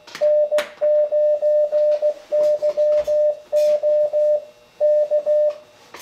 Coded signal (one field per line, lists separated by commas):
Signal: Morse code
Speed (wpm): 17 wpm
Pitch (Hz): 600 Hz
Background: radio noise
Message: N9YO K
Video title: ICOM-7300 | Ham Radio Contest | MO QSO Party | IC-7300 | VIDEO 2 OF 3